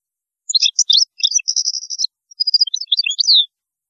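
European goldfinch song: a continuous run of bright chattering twitters with a buzzy trill midway, ending in a sweeping downward slur.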